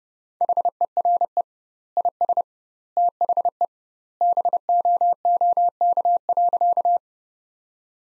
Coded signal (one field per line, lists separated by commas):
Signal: Morse code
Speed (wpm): 30 wpm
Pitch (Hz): 700 Hz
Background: none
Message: HERE IS THE BOOK.